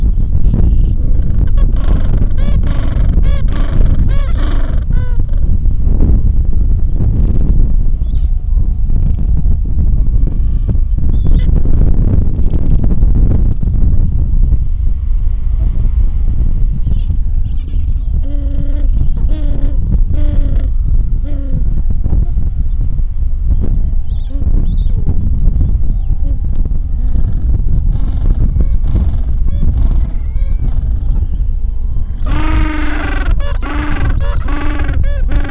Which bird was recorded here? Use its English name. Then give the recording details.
Gentoo Penguin. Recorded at the colony at Whistle Cove, on 23 December 2014. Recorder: Song Meter SM2+